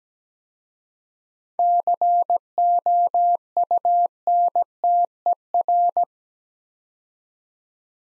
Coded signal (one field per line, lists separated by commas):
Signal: Morse code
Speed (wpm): 17 wpm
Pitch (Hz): 700 Hz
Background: none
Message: COUNTER